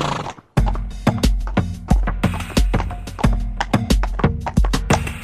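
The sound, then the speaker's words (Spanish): A horse's hooves clop in a steady, brisk rhythm of sharp repeated knocks with a low, thudding body, continuing without pause and with no voices. “¿Qué es eso en lo que viene sentado? Es un caballo, abuela.”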